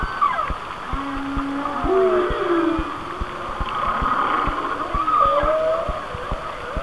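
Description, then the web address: Low, level whale moans turning into bending cries and a high tonal squeal, steady clicks running underneath. "Natures Songs Whale Songs Whale Songs- Mike Mc Donald"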